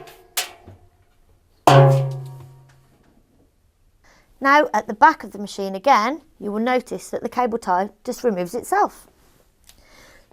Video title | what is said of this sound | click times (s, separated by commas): Whirlpool Belt Replaced in 10 MINUTES— No Washer Technician Needed! | and the belt will fit around the pulley. You should hear it click into place. | 1.7 s